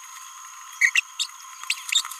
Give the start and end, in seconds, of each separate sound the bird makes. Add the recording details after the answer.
0.81-0.92, 0.95-1.00, 1.20-1.28, 1.70-1.74, 1.89-2.01. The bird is a male. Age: 29 days. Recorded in a nest box in Venezuela. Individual 17B31A1